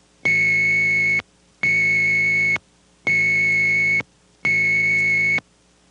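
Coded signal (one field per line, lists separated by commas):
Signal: none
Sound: telephone ringing test tones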